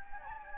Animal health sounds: mosquito wingbeat signal from an infrared sensor; Anopheles gambiae

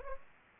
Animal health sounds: mosquito wingbeat signal from an infrared sensor; Aedes aegypti

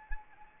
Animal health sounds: mosquito wingbeat signal from an infrared sensor; Anopheles arabiensis

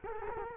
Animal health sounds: mosquito wingbeat signal from an infrared sensor; Culex quinquefasciatus

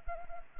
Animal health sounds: mosquito wingbeat signal from an infrared sensor; Anopheles arabiensis

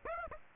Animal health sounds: mosquito wingbeat signal from an infrared sensor; Aedes aegypti

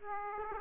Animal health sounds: mosquito wingbeat signal from an infrared sensor; Aedes aegypti

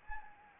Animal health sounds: mosquito wingbeat signal from an infrared sensor; Anopheles gambiae

